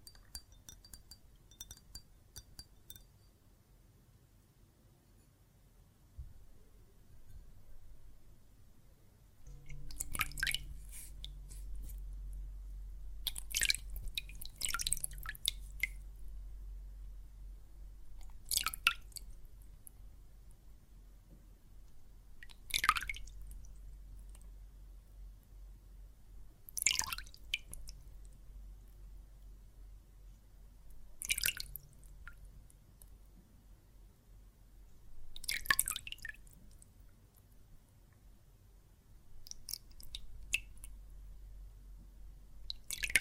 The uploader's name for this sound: Water and Soap Foam Sounds